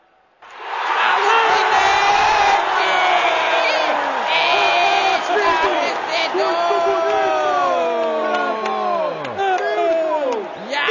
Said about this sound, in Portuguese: Pessoas presentes gritam, oh que coisa boa! Oh, que coisa boa!